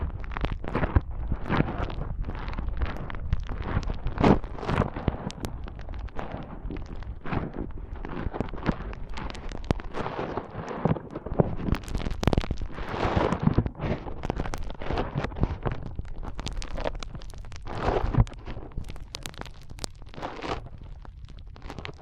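Foam being squeezed and rubbed in a brain-massage ASMR piece, a dense, continuous crackle of fine scrunching and squishing. The texture shifts constantly, with brighter bursts of friction around 4, 12 to 14 and 18 seconds and a low rumbling thump underneath.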